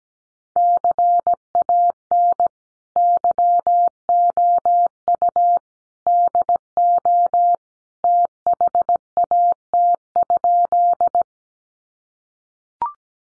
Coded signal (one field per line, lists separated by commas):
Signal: Morse code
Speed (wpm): 17 wpm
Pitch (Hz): 700 Hz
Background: none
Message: CAN YOU DO THAT?